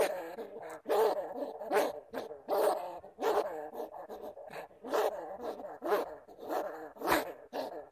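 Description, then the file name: Bamboo rat calls: rough nasal grunts, spaced unevenly, with sharp clicks among them. "Tieng dui keu"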